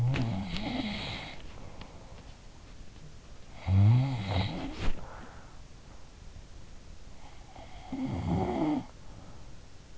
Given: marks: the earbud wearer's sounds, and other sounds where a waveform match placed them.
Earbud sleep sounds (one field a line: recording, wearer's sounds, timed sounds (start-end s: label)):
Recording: sounds in sleep by an in-ear microphone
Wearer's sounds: body movement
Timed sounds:
0.00-6.65 s: body movement
3.59-6.05 s: sound from someone else or the room
6.99-9.73 s: sound from someone else or the room